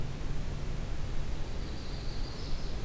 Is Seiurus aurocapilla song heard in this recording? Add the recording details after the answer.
no. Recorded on 23 June 2016 at 07:45. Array SBT-6-76